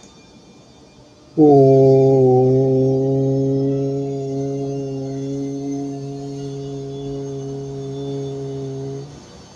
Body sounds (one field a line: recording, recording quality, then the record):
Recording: sustained vowel as in boot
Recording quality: moderate, slight background noise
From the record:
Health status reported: healthy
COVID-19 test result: not tested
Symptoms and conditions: none ticked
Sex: male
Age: 53 years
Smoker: not ticked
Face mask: not worn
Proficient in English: yes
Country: India